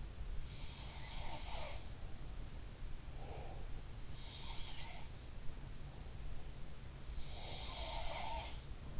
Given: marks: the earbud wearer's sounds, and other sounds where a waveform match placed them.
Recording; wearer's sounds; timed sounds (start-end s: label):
sounds in sleep by an in-ear microphone; breath
1.02-1.92 s: sound from someone else or the room
2.93-3.75 s: breath
4.13-5.27 s: sound from someone else or the room
7.22-8.90 s: sound from someone else or the room